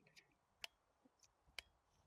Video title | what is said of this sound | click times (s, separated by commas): Hatsan REPEX Yarı Otomatik PCP I Dünyada İlk İnceleme ve Atış Videosu | Çenteğe ulaştıktan sonra yerine oturuyor. | 1.6 s